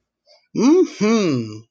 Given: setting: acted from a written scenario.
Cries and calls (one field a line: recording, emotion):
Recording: vocal sound without words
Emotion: contentment